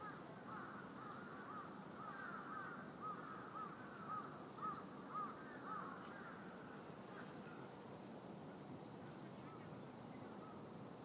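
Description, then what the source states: Crickets give a steady, unbroken high-pitched trill throughout; a run of short, lower, arched calls repeats over the first half. Crickets recorded in Shibuya, Tokyo, Japan.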